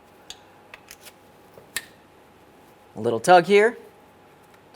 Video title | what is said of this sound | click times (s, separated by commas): How to Replace 4WD Axle Locker Actuator 2011-2018 Ram 1500 5.7L V8 | now it's time for the electrical connector once we do press this in and we hear a click we're going to take that red locking Tab and slide it all the way down towards that four-wheel drive actuator | 0.3 s, 1.8 s